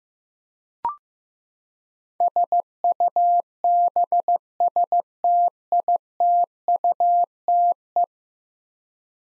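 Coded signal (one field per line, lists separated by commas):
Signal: Morse code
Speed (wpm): 15 wpm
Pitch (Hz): 700 Hz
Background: none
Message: SUBSTITUTE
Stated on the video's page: Head-copy drill of ten-letter words sent at 15 wpm, each word sent, then spoken, then sent again.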